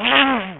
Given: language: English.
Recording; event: throat vibration sensor signal played as sound; throat clearing